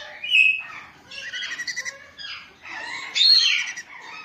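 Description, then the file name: Green-cheeked parakeet giving harsh, scratchy squawks in three bursts, the first and last loudest, with shorter chattering notes between them. "sound green check parrot"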